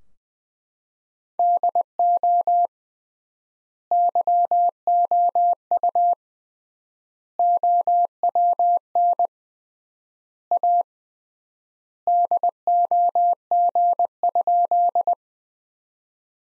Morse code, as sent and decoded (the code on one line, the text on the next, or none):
-.. --- / -.-- --- ..- / --- .-- -. / .- / -.. --- --. ..--..
DO YOU OWN A DOG?